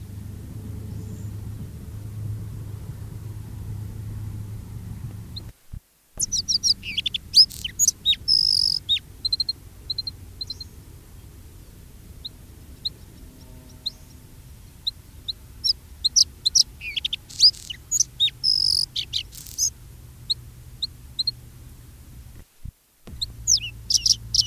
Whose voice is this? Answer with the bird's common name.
Bluethroat